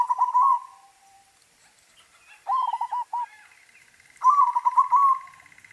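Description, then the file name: Zebra dove song: quick rolling coo phrases of staccato notes, a short phrase, then a pause, then another short phrase, then a longer trilled run. White variety. "suara perkutut putih"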